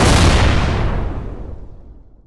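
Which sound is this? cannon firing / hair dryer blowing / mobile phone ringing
cannon firing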